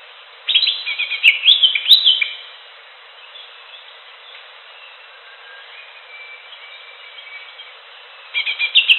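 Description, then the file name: Greater green leafbird song: a quick burst of bright, chirpy, warbled notes for about two seconds, a long quieter stretch, then another twittering phrase begins near the end. "audio cucak hijau alam liar"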